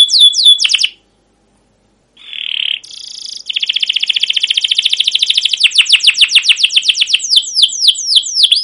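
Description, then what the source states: Canary song: a few sweeping notes, a pause, a short buzzy trill, then a long rapid rolling trill easing into slower swooping chirps. Canary singing a long rolling chirp song (cuit cuit, ngerol), used as a lure recording (pancingan) to train other canaries.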